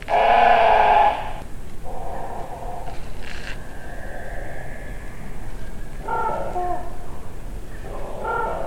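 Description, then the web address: Rook caws: a loud, hoarse, drawn-out caw opens, then a quieter caw, and further harsh caws near the end over steady low rumbling background noise. "Tom Hutchings Rooks"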